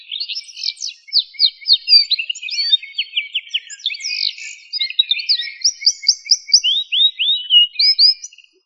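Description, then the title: Bird song: a busy jumble of high twittering and slurred notes, with repeated clear notes toward the end. "LuckyPassaros CompletosSama"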